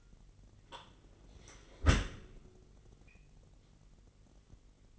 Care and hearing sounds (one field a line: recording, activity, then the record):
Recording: daily activity, microphone in the room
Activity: close dishwasher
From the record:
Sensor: 4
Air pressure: 999.1 hPa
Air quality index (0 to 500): 123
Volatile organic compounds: 2 ppm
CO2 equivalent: 1207 ppm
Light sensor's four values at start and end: 8/18/7/8 and 7/17/7/7